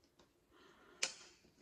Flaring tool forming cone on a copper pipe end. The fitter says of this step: A little click. Yeah. Now, it's not going to sing a song. It just makes a little click so Um